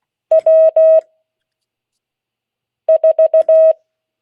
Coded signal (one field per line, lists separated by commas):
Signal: Morse code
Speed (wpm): 16 wpm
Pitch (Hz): 640 Hz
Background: none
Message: W 4